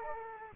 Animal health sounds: mosquito wingbeat signal from an infrared sensor; Aedes aegypti

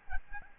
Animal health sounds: mosquito wingbeat signal from an infrared sensor; Aedes albopictus

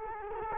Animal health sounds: mosquito wingbeat signal from an infrared sensor; Culex quinquefasciatus

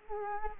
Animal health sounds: mosquito wingbeat signal from an infrared sensor; Culex quinquefasciatus

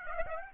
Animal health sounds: mosquito wingbeat signal from an infrared sensor; Aedes aegypti

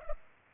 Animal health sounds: mosquito wingbeat signal from an infrared sensor; Culex pipiens

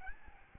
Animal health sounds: mosquito wingbeat signal from an infrared sensor; Aedes albopictus

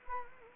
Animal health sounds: mosquito wingbeat signal from an infrared sensor; Anopheles gambiae

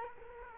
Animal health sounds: mosquito wingbeat signal from an infrared sensor; Culex quinquefasciatus

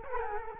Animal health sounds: mosquito wingbeat signal from an infrared sensor; Culex quinquefasciatus

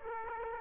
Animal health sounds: mosquito wingbeat signal from an infrared sensor; Aedes aegypti

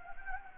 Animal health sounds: mosquito wingbeat signal from an infrared sensor; Anopheles gambiae

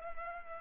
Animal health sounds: mosquito wingbeat signal from an infrared sensor; Culex pipiens

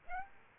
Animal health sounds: mosquito wingbeat signal from an infrared sensor; Aedes aegypti

